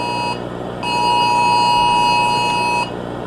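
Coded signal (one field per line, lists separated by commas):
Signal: Emergency Alert System (SAME) tones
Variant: 853 and 960 Hz attention tone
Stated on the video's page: Fictional EAS scenario.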